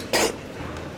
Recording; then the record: coughing mixed with background sound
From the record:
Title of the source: 61 morning phlegmy cough...again